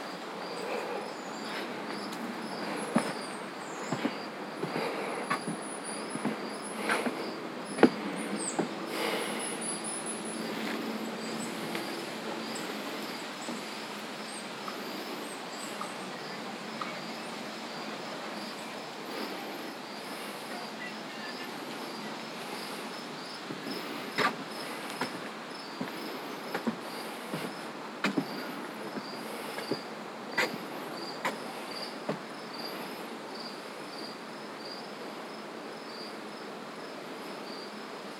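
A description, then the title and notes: Birds call in scattered bursts with short high chirps and whistles over a steady insect hiss, busiest early and again around 25–30 seconds. A variety of bird calls and insects. This session was recorded with the Zoom F3 and DPA Binaural headset.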